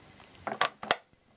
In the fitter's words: and that's click there so that is now securely in place to release it you need to push that collar back